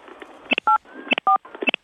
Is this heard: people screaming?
no